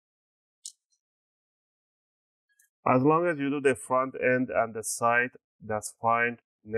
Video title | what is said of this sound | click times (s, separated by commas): How to Repaste and Clean Asus VivoBook 15 K513E - Step-by-Step Guide🧹✅ | should do a few clicks just fine that's what you want to hear those click sounds | 0.7 s